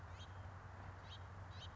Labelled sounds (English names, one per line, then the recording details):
House Finch
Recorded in Sonoma County, California